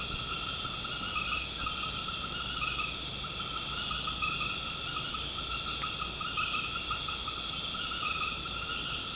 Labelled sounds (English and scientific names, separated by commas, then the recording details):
none
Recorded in secondary vegetation near Puerto Asís, Putumayo, Colombia, on 21 March 2025 at 20:00
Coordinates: 0.485, -76.322
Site G040